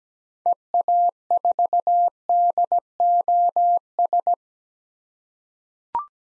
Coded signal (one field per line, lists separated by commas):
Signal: Morse code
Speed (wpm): 17 wpm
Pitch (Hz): 700 Hz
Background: none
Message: EA4DOS